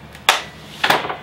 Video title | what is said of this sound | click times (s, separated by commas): major homes Window Repair | until until you hear it close the same thing goes for the bottom | 0.3 s